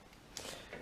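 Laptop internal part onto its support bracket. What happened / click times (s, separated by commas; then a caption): The small part snapped back onto its plastic mount / 0.4 s. A laptop internal part is reclipped back onto its plastic support bracket, and a sharp click sounds at 0.4 s, followed by a softer tick around 0.7 s. The part is confirmed properly seated on its mount.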